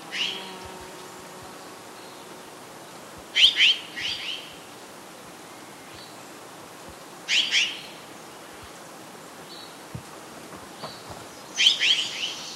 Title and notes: Mexican Jay. Esta ave se encuentra dentro del PN Cumbres de Monterrey su nombre cientifico es Aphelocoma ultramarina, Chara azul